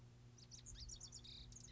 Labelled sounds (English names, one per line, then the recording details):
Lazuli Bunting
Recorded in Sonoma County, California